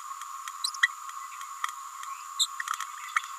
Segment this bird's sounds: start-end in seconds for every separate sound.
0.64-0.70, 2.39-2.47, 3.16-3.20